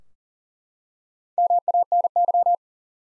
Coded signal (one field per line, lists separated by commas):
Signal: Morse code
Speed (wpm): 40 wpm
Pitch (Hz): 700 Hz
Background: none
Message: MANY